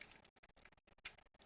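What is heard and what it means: A plastic part of a transforming robot figure is worked into its mating slot on the combined robot, with light plastic ticks and rattles as it shifts. It snaps home with a sharp click at 1.1 s and is seated.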